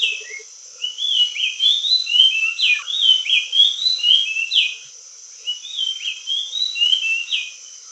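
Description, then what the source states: Oriental magpie-robin song: rich whistled phrases with sliding notes and quick chirps, short pauses near one and five seconds, over a steady high hiss. Indonesian name kacer; described as gacor, singing loudly.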